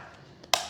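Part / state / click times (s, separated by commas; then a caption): clip or hatch (probably battery hatch) on an RC helicopter body / seated / 0.5 s. A part on the plastic body of a Yu Xiang F09-H Navy SH-60 Seahawk RC helicopter, a clip or hatch and probably the battery hatch, is pushed home. A faint tap at 0.4 s is followed by one sharp snap at 0.5 s. The part is seated, because a snap is the sign that it is in.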